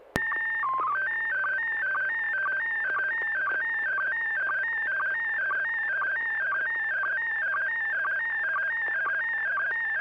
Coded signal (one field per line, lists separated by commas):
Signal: SSTV (slow-scan television)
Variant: PD 120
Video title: N6NA SSTV Net - 09/27/2023